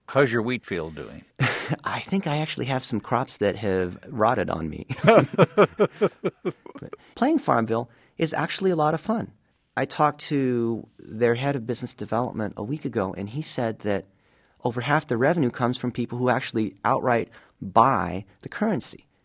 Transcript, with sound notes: How's your wheat field doing?
I think I actually have some crops that have rotted on me. (Soundbite of laughter) Playing Farmville is actually a lot of fun. I talked to their head of business development a week ago and he said that over half the revenue comes from people who actually outright buy the currency.